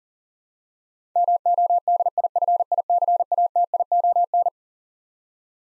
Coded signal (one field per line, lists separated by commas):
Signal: Morse code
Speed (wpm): 40 wpm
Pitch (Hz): 700 Hz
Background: none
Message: MODIFICATION